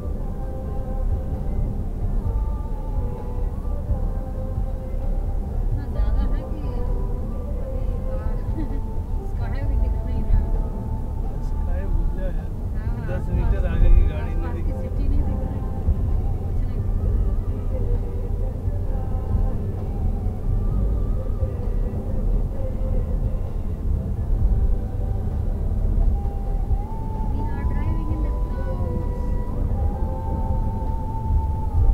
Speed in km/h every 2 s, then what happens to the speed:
91, 91, 94, 95, 95, 85, 84, 91, 95, 97, 98, 97, 98, 101, 104, 106.
0-7 steady at about 91. 7-12 slows to 84. 12-32 speeds up to 106.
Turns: none.